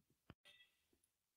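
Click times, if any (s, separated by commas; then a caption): 0.3 s. A small screwdriver is pushed straight into the bottom slot of a Yamaha MT-10 ECU wiring harness connector while the other hand holds the connector. The terminal lock tab clicks open with one sharp click at 0.3 s, followed by a brief moment of silence and then a faint scraping rustle, with soft taps around 0.1 s and 0.9 s. The lock is released and its two plastic pieces protrude.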